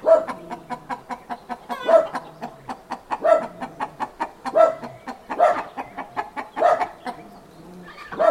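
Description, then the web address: Chicken: repeated clucking throughout, with louder harsh notes at intervals. Farmyard ambience with chickens; traffic-free background; sound effects library recording. "Hollywood Edge Historical Series cd 5 Traffic Free BG's Farmyard With Chickens Ducks"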